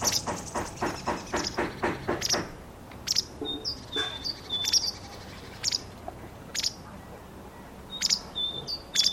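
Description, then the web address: Bird sounds: a rapid run of clicking pulses for the first two seconds, then sharp chirps mixed with short thin whistles. "Bird Only"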